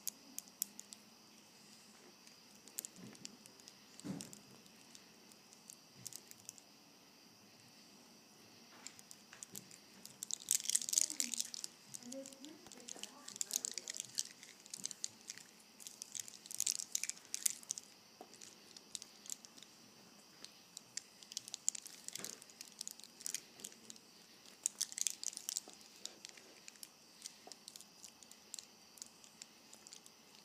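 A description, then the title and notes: A bracelet is handled, with bright clicks and short jingling clusters around 11, 17, and 25 seconds. Playing with my Bracelet.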